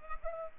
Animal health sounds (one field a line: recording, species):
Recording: mosquito wingbeat signal from an infrared sensor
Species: Culex pipiens